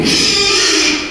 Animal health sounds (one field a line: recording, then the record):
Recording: squeal of a Yucatan mini pig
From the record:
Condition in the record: after surgery on the right vocal fold (resection and tissue-engineered implant)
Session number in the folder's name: 2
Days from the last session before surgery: 13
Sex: male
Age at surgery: 12 weeks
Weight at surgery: 13 kg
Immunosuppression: cyclosporine, prednisolone